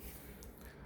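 After loading, the cover on the body of a Tokyo Marui Benelli M3 Super 90 air-cocking airsoft shotgun is closed. A short, quiet hit is heard at 0.4 s as the cover shuts and seats.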